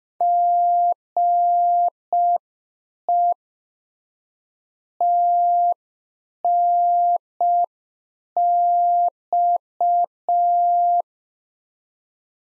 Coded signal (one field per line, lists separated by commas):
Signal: Morse code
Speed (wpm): 5 wpm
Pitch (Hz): 700 Hz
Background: none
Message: GE TNX